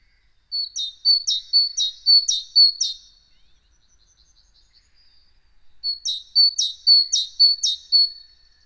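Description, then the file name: Great tit song, a clear two-note phrase repeated five times, a pause, then four more phrases; otherwise quiet. "Parus major"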